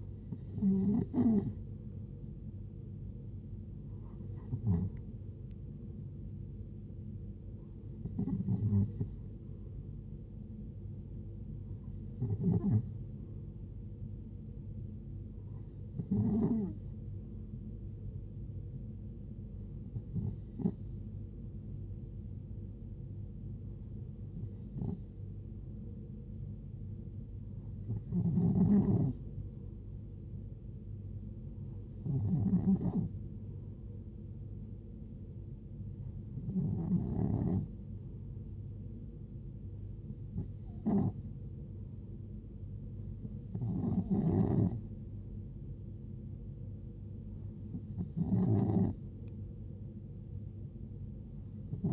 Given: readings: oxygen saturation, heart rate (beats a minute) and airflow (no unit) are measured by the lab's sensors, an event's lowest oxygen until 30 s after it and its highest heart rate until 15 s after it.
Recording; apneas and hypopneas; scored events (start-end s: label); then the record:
breathing in sleep by a smartphone at the bedside; none
none scored
From the record:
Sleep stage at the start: N2 (light sleep); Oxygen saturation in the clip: 91 to 93%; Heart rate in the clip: 66 to 76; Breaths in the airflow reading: 13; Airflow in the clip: -6.9 to 5.4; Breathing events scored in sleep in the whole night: 389 in 6.3 hours asleep